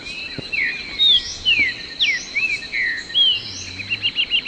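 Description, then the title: Green-backed becard calls: clear, slurred whistled notes sliding downward, given in an irregular series, over a steady high insect drone. Subspecies Pachyramphus viridis viridis. "LuckyPassaro Completos2Sama. Green-backed Becard"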